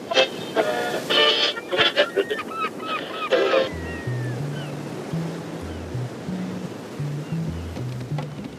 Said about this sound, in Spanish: Ruge la mar embravecida, rompe la ola desde el horizonte, brilla el verde azul del gran Caribe, con la majestad que el sol inspira.